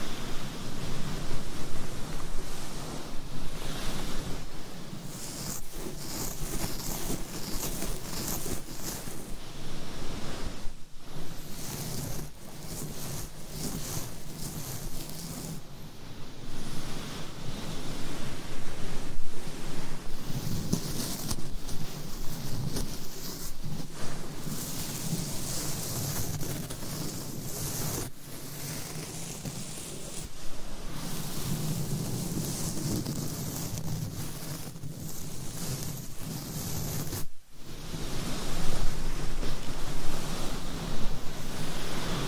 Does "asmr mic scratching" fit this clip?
yes